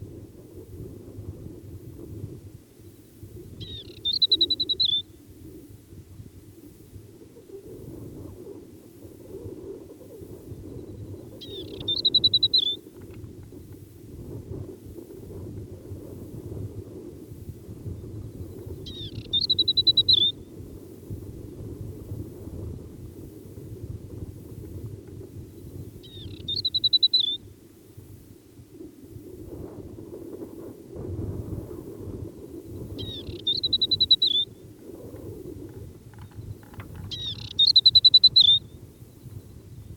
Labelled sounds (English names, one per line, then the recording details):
Asian Desert Warbler song
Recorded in the wild
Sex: male
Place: Wüste Gobi, MN
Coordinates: 42.795, 105.032
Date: 1979-06-04
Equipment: Nagra III BH, Sennheiser MD 21, parabola
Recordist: Schubert, Michael